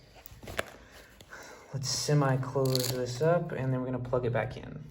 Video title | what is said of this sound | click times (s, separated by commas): DAINESE D-AIR SYSTEM: SHOULD YOU GET ONE? - Review and how to Activate | don't forget you have to lace this back through here just snapped back in place to hold that down | 0.6 s